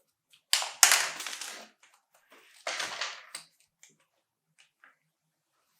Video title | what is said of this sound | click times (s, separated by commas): NEWBORN BABY HAUL - DAD VIEW | inside the hose and wait until we hear the click once the click is there | 0.5 s, 0.8 s